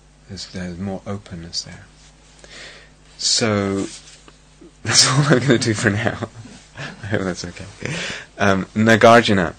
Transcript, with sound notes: There's more openness there. So... [laughter] That's all I'm going to do for now. I hope that's okay. Nāgārjuna